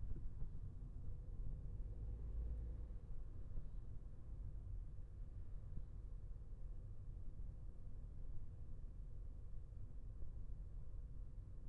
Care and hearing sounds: everyday scene through a hearing-aid microphone; in a vehicle; engine, traffic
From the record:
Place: Skoda Fabia, gasoline engine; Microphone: behind the ear, left, rear

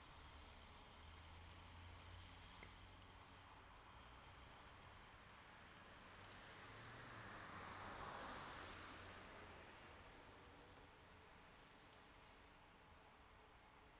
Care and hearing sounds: everyday scene through a hearing-aid microphone; in traffic; traffic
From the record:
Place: city secondary road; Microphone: in the ear canal, left

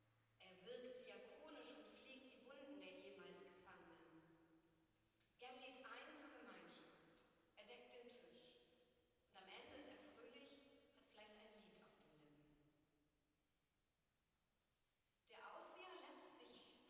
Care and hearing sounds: everyday scene through a hearing-aid microphone; reverberant space; speech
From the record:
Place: church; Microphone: in the ear canal, right

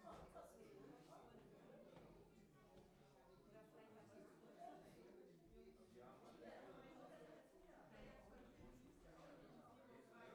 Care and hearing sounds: everyday scene through a hearing-aid microphone; many people talking; many voices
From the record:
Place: parish hall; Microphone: behind the ear, right, rear

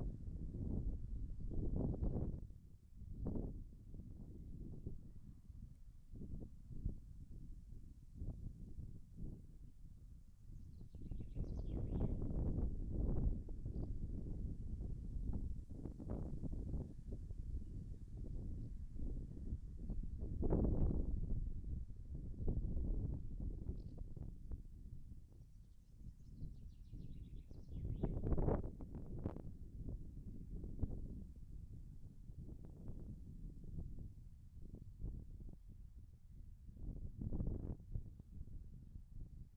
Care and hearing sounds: everyday scene through a hearing-aid microphone; wind on the microphone; wind, birds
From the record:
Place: in front of a rural house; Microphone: behind the ear, left, rear

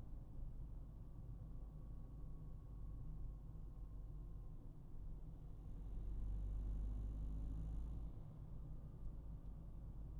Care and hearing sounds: everyday scene through a hearing-aid microphone; in a vehicle; engine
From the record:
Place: Berlingo II, diesel engine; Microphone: behind the ear, right, rear

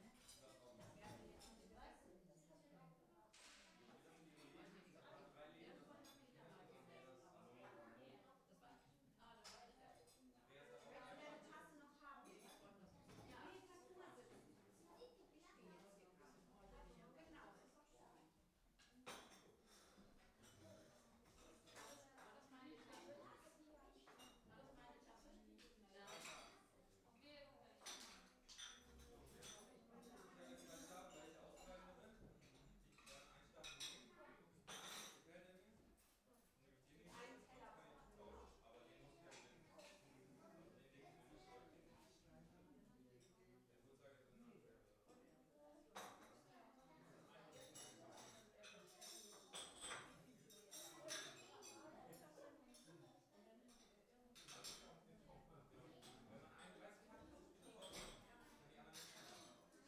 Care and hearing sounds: everyday scene through a hearing-aid microphone; many people talking; many voices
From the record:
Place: parish hall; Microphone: behind the ear, right, front

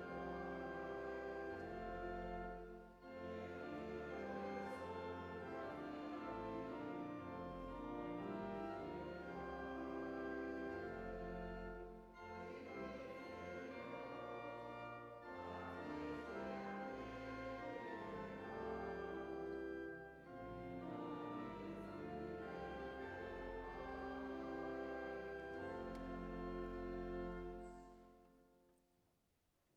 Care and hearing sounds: everyday scene through a hearing-aid microphone; reverberant space; music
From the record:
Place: church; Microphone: behind the ear, right, rear

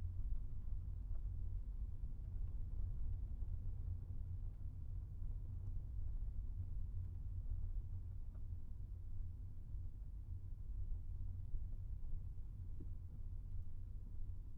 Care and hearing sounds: everyday scene through a hearing-aid microphone; in a vehicle; engine, rumble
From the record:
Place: Skoda Fabia, gasoline engine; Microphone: behind the ear, right, front

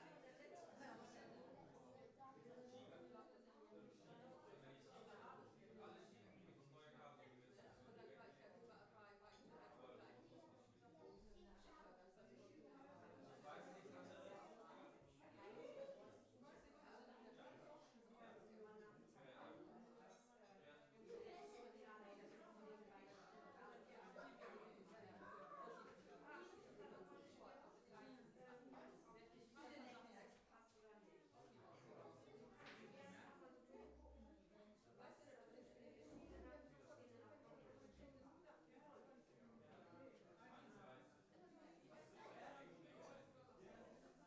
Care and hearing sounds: everyday scene through a hearing-aid microphone; many people talking; many voices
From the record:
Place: parish hall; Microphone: behind the ear, left, rear

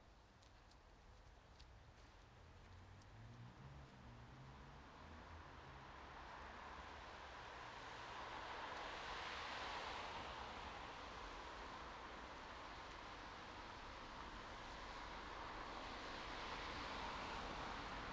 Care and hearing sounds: everyday scene through a hearing-aid microphone; in traffic; traffic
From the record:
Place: bus stop on a city main road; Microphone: in the ear canal, right

